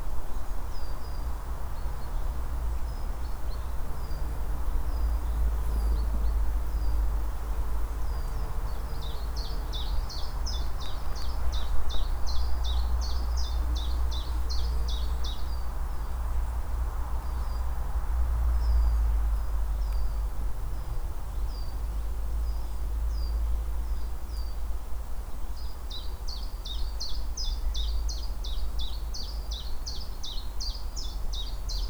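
On a countryside walk, a steady low rumble persists while birds chirp throughout, with rapid high trills around ten and twenty-six seconds.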